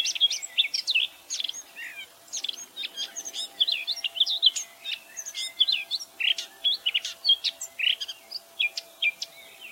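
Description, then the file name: Eurasian blackcap giving a continuous, busy warble of sharp chirps and twisting whistled notes that tumble on for the whole stretch, with a soft low hum behind. "Sylvia atricapilla"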